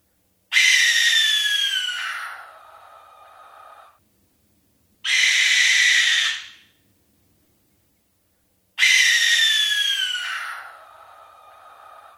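Barn Owl screams: three harsh, drawn-out hissing screeches separated by pauses of one to two seconds.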